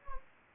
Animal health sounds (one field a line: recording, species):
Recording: mosquito wingbeat signal from an infrared sensor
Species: Anopheles gambiae